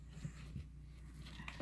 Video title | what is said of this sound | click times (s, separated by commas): Great progress installing our own flooring inside the cabin | See that? Oh, nice, like, it locked in. Not quite. On this side, it was loose, right? | 1.5 s